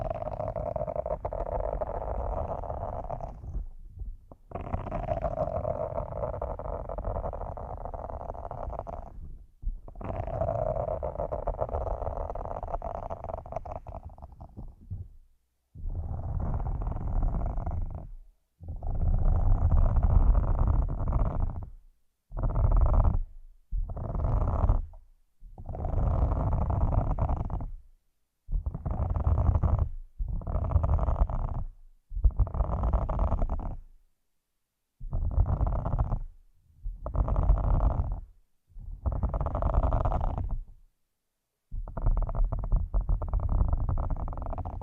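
Muffled rubbing and massaging sounds on a headphone mic, steady low rumbling at first, then broken into short bursts separated by silences.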